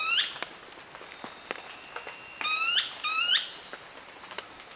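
Brownish twistwing: quick upslurred calls, one early, then two close pairs in the second half, with a continuous shrill insect buzz behind.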